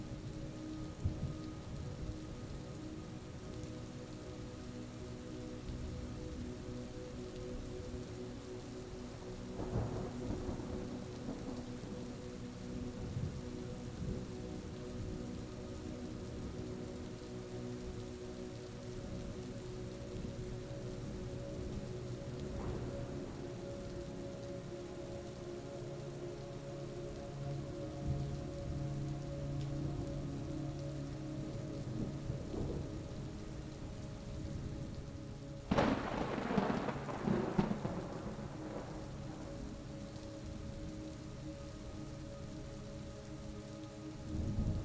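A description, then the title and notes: Steady rain hisses beneath soft, slow music built from long held low and middle notes. Short rumbles and crackles of thunder break through near ten, twenty-three and thirty-three seconds, with the loudest, brightest crack arriving around thirty-six seconds. The natural sounds of a rejuvenating storm blend with soft and soothing melodies. The Sound of the STORM and Peaceful MUSIC.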